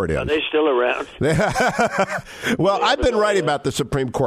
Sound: laughing